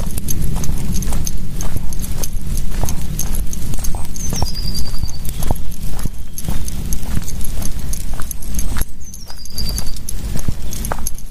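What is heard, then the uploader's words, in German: A walk in the woods: footsteps crunch at a regular pace throughout, over a steady low rumble. A bird gives a short falling whistle twice, around four seconds and again near nine and a half seconds. Ein Spaziergang im Wald zum ersten Mal aufgenommen mit dem Shure MV88.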